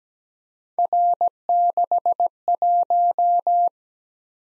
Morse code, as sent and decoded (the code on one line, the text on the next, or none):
.-. -.... .----
R61